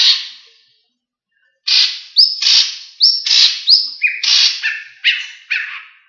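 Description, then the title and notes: Leafbird song: after a short opening note and a pause, a series of harsh chirps, most tipped with a clear whistle. "Cucak Ijo"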